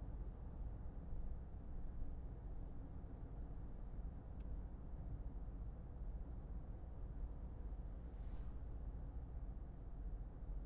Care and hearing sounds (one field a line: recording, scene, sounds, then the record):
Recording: everyday scene through a hearing-aid microphone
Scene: in a vehicle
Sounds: engine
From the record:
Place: Berlingo II, diesel engine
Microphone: behind the ear, left, rear